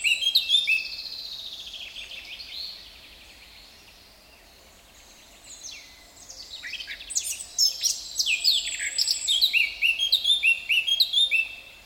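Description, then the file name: Eurasian blackcap song: a quick burst of high warbled notes, a pause, then a longer, dense run of chirping, slurred phrases. "Sylvia atricapilla"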